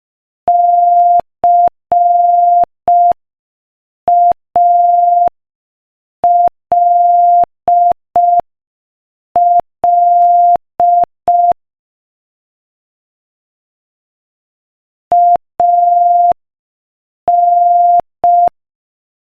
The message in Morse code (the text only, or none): CALL AN